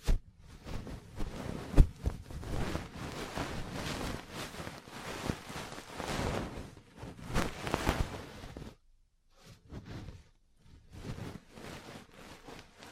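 Ear cleaning and massage sounds: dense rustling, rubbing and scratching bursts with soft taps, a sharp knock near two seconds, thinning into brief sparse touches after nine.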